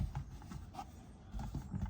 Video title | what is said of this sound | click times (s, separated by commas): FixcamX unboxing, installation and review in a 2022 Toyota RAV4 XSE | and clip it into place | 0.2 s